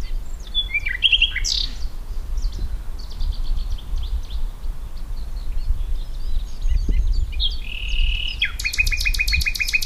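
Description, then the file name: Common nightingale song: scattered whistled and buzzy phrases, a soft chattering series, then a steady whistle leading into a loud rapid rattle; constant low rumble. "Luscinia megarhynchos"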